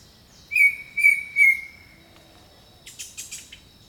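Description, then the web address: Bird song: three clear whistled notes on one steady pitch about half a second apart, then a brief buzzy chattering burst, over a constant high insect drone. Jungle birdsong. "The Natural Sounds of the Wilderness 10 CDs collection Echoes of Nature - Jungle Talk 01 Jungle Birdsong"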